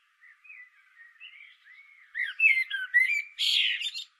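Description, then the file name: Common blackbird song: soft low warbling builds into a loud rich phrase that ends in a high, hoarse squeaky twitter. "Turdus merula"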